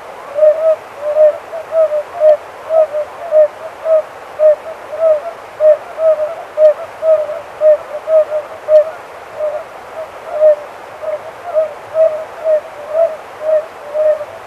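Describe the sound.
Oriental fire-bellied toad: a rapid, steady run of mellow hooting notes, about two each second.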